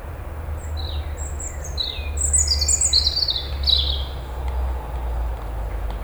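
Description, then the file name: European robin song: a run of varied, very high, thin whistled notes, some descending, packed into a few seconds over a faint low rumble. "Erithacus rubecula"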